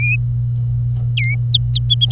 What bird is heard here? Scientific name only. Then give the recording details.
Serinus canaria. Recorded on 25 April 2018 at 08:58. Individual llb3